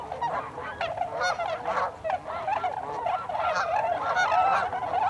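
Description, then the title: Tundra swans in full chorus, a dense stream of overlapping soft honks and yodels, steady and unbroken from start to finish. Recorded 26 December 2020; several swans. "2020-12-26-Tundra-Swans"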